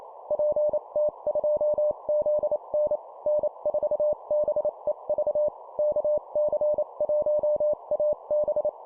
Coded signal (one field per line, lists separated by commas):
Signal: Morse code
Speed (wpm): 28 wpm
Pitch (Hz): 600 Hz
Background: none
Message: PT2ZN N4BEV KC1AB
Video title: 25wpm Call signs, improve cw morse code copy speed